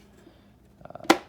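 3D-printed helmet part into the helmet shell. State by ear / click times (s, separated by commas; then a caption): seated / 1.1 s. A 3D-printed PLA helmet piece is pressed one-handed into the assembled helmet shell. A few light taps and scrapes at about 0.9 s lead to a sharp snap at 1.1 s as the piece pops into place and seats.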